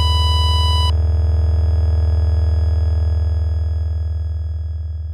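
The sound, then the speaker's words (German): A loud, steady electronic cockpit warning tone in a Boeing airliner during an emergency descent, with a strong low hum, joined for the first second by a bright high beep, then droning on and slowly fading. “Tot. 50 Sekunden nach dem ersten Alarm.”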